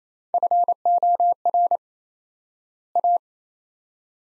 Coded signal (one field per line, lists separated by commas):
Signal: Morse code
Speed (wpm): 27 wpm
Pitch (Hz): 700 Hz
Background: none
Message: FOR A